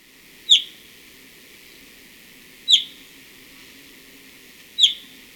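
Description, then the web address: Slate-crowned antpitta calling with single sharp, high downslurred notes, one roughly every two seconds, three in all, over a faint low hum. Recorded in Ecuador. "Birds of Ecuador 2. Slate-Crowned Antpitta"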